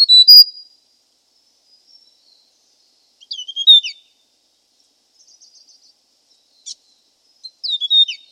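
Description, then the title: Hill prinia uttering high, quick twisting chirps and whistles in bursts about every three to four seconds, with a few faint soft notes between. "prenjk gnung. Suara burung prenjak gunung"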